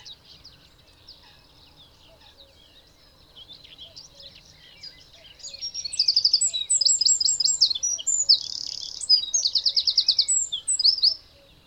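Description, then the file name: Eurasian wren song beginning midway, a loud, rapid run of high trills and a buzzy rattle, after several seconds of faint scattered chirps. "Troglodytes troglodytes"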